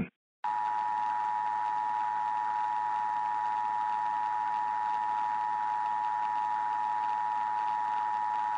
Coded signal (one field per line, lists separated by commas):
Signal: Emergency Alert System (SAME) tones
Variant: 853 and 960 Hz attention tone